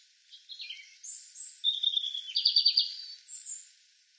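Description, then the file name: European robin song, descending thin notes flowing into a high whistle and a quick rattling trill, all very high-pitched. "Erithacus rubecula"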